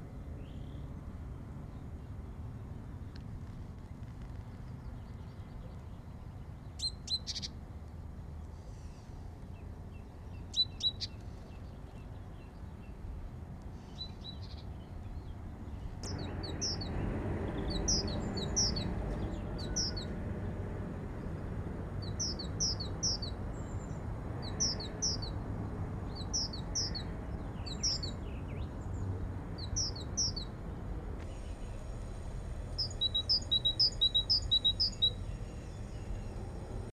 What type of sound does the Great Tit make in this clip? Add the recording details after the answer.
call. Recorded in the wild. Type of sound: call. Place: Hafling, Bozen, IT. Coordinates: 46.5306, 10.9525. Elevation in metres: 1302. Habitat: mountains. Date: 1981-03-26. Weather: bedeckt. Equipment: Uher 4000 Report, Sennheiser MKH 815 T. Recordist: Tretzel, Erwin. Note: Oben auf der Kehre vor dem Ultental, Bozen, Italien: Rufe, anschließend Reviergesang "z - di di"